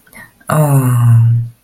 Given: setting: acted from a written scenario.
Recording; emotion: vocal sound without words; adoration